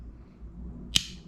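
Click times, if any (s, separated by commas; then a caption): 1.0 s. A folding knife blade is opened and its triad lock bar drops into the notch on the blade tang, locking the blade open. A single sharp, bright click sounds at 0.96 s over a low, steady background rumble. The blade is seated and locked open.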